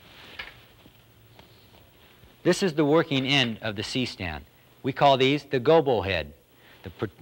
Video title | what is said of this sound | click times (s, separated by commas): The Grip Items | This will lock into place. | 0.4 s